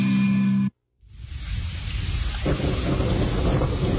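A short sustained musical tone cuts off into a brief silence, then steady rain hisses in with a low rumble of thunder, the downpour thickening and growing heavier partway through.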